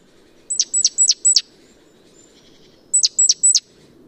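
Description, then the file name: Great tit singing fast series of high, steeply falling notes, a run of four then a run of three, with a quiet gap between and soft low rumble behind. "Parus major"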